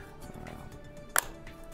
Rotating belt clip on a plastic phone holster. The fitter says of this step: and that actually snaps into a place to act as a a little kickstand